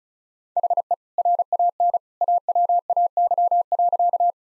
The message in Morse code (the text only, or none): HE RAN AWAY.